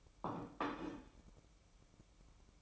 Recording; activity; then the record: daily activity, microphone in the room; place plate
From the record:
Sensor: 1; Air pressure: 1007.5 hPa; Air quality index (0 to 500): 77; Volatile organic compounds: 1 ppm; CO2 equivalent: 669 ppm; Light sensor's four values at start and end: 8/20/8/9 and 8/20/8/9